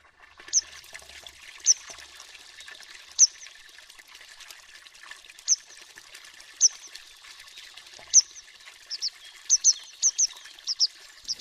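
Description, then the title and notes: Grey Wagtail giving sharp, high, metallic single and double call notes, spaced irregularly, then quicker toward the end, over a steady rushing hiss. Call described as high and metallic, of two syllables; song a short series of sharp notes given by the male in flight. "Triluri Urbane. Codobatura de munte. Orașul Vorbește. Societatea Ornitologica Română"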